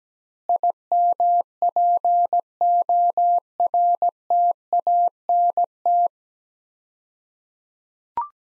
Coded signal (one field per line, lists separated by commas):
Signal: Morse code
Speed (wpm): 17 wpm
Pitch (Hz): 700 Hz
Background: none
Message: IMPORTANT